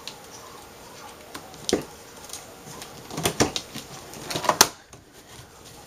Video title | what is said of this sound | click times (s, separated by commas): G150XG02-V0, Part 2 of 2 | That's it. It just snaps right in. | 4.6 s